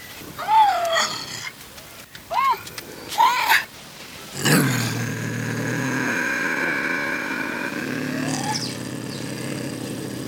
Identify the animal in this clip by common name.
Bobcat